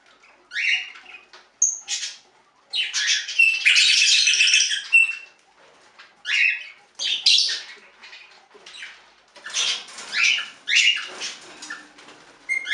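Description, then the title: Budgerigar chatter: varied high chirps, buzzy warbles and squeaks in irregular bursts, one longer harsh burst near the start. "Budgie Sounds"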